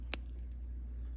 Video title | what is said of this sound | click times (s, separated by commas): M1 Carbine Datasheet Bolt | this snaps into place | 0.1 s